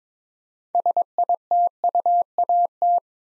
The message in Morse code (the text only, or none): SITUAT